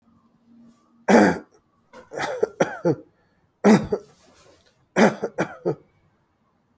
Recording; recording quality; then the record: heavy voluntary cough; excellent, no background noise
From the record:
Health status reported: healthy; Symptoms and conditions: diabetes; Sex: male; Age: 50 years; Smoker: yes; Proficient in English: yes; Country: India